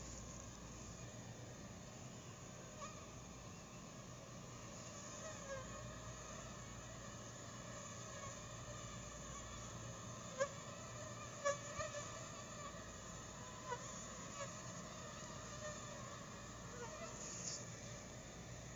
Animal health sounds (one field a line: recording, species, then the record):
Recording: mosquito flight sound by mobile phone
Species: Anopheles stephensi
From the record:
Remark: swarm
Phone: Google Nexus